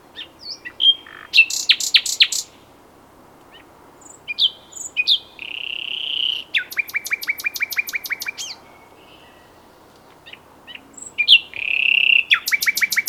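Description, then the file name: Common nightingale song with sharp bursts, a brief buzzy whistle, and long rattling runs of rapidly repeated notes across the phrases. "Luscinia megarhynchos"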